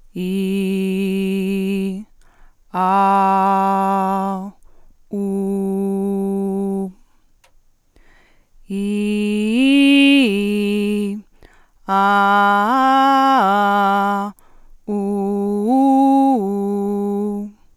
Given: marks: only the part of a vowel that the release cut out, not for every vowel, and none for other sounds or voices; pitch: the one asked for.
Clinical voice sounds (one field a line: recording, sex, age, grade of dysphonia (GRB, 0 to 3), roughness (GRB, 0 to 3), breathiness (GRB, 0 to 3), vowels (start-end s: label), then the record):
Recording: sustained vowels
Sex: female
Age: 20 to 29 years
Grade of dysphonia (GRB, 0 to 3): 0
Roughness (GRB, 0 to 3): 0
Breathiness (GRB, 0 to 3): 0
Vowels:
0.35-1.76 s: vowel /i/, low pitch
3.10-4.28 s: vowel /a/, low pitch
5.27-6.64 s: vowel /u/, low pitch
8.91-10.94 s: vowel /i/, low-high-low pitch
12.04-13.97 s: vowel /a/, low-high-low pitch
15.05-16.98 s: vowel /u/, low-high-low pitch
From the record:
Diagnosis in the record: healthy voice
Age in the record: 20 years